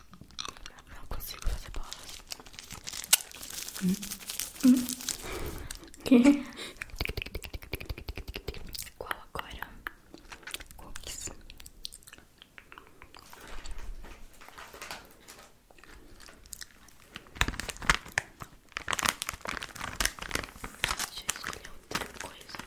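Eating candy and chocolate, with crinkling wrappers, crunchy bites and wet mouth sounds. The sounds come in dense, irregular bursts, with a few brief tonal squeaks around five to six seconds. A livelier stretch of crackling returns near the end.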